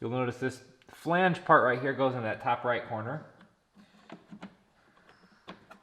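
A plastic air filter box cover is lined up on the engine air box of a Porsche Macan S, with its flange placed in the top right corner before the screws go in. Someone talks for the first few seconds, then light plastic handling taps and knocks follow. Nothing has seated or clicked yet.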